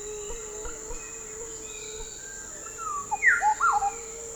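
Bird: after about three seconds of faint background, a quick series of whistled slurs, including a sharply falling note, with a steady high tone throughout.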